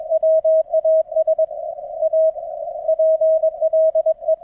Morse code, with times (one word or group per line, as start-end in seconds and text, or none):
0.1-1.4 WAS
2.0-2.3 A
2.9-4.3 PLE